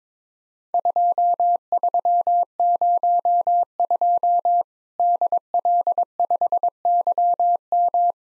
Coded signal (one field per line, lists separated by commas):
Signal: Morse code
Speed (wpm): 22 wpm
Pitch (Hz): 700 Hz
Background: none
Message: 2302 DL5YM